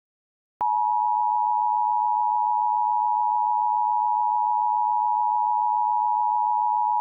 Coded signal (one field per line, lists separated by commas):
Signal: Emergency Alert System (SAME) tones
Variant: 853 and 960 Hz attention tone